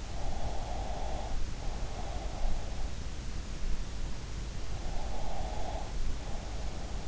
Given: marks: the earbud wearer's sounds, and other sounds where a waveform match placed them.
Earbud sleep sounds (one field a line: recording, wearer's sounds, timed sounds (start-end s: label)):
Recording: sounds in sleep by an in-ear microphone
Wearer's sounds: breath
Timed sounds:
0.31-2.38 s: breath
5.00-7.08 s: breath